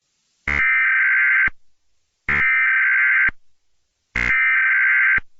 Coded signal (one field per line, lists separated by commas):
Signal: Emergency Alert System (SAME) tones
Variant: header bursts